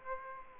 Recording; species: mosquito wingbeat signal from an infrared sensor; Aedes aegypti